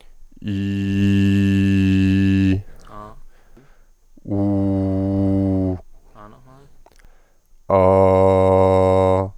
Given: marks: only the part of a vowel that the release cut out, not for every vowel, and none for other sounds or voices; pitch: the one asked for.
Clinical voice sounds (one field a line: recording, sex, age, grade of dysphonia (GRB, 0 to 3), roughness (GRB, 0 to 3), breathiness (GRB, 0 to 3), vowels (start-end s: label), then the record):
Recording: sustained vowels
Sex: male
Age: 20 to 29 years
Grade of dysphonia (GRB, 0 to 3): 0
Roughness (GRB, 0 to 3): 0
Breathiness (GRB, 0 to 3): 0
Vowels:
0.53-2.00 s: vowel /i/, low pitch
4.38-5.64 s: vowel /u/, low pitch
7.77-9.14 s: vowel /a/, low pitch
From the record:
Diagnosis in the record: healthy voice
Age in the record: 25 years